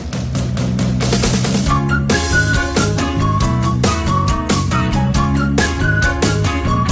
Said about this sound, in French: a appris à siffler. Non. Ben non, c'est pas vrai. C'est pas vrai. Ah, il parle en même temps. C'était une feinte.